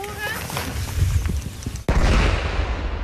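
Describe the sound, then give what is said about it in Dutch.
Fireworks go off with a string of crackling pops, then one sharp, loud bang followed by a rushing, sustained roar of noise. A faint whistling tone is heard at the very start. “Hoe kwam u aan al dat vuurwerk om al die tests te doen? Dat heb ik gekocht op internet. Nee, schapje. Dat vuurwerk dat is ingezameld door de politie die dat aangetroffen hebben in zaakwerk. Oh, was in beslag genomen.”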